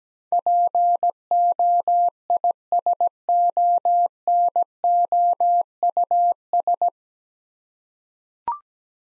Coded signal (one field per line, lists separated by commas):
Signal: Morse code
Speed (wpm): 17 wpm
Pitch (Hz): 700 Hz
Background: none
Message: POISONOUS